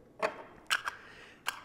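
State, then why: Seated. An interchangeable lens is lined up by its white index square with the mark on a Canon 60D DSLR body, then turned in the bayonet mount. A few short clicks and scrapes come at about 0.2, 0.7 and 0.9 seconds, followed by a sharp click at 1.5 seconds as the lens seats and locks.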